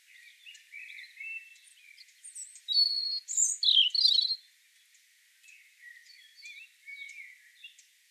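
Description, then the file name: European robin singing a loud burst of varied high warbled notes midway, with softer thin twittering phrases before and after. "Erithacus rubecula"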